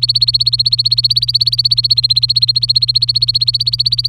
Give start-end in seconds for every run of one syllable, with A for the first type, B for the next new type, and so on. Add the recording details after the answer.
0.00-4.09 A. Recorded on 23 April 2018 at 16:00. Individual llb3